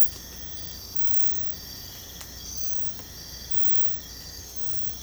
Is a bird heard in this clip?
no